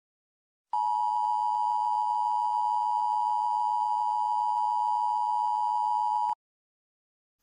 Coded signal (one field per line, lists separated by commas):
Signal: Emergency Alert System (SAME) tones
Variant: 853 and 960 Hz attention tone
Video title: EAS Tornado Warning for Brevard County, Florida